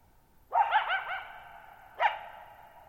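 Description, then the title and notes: Coyote giving a quick wavering yip series followed by a single sharp bark, both ringing on in a long echo. Lone coyote at night, July 14, 2019, Thirtymile Meadows, Okanogan National Forest, Okanogan High Country, Pacific Northwest, 6400 ft (1950 m), high dry plateau; shallow bowl-shaped meadow. "Lone Coyote at Thirtymile Meadows. I spent the night of July 14, 2019, camped near Thirtymile Meadows in the Okanogan National Forest at 6400 ft (1950 m)"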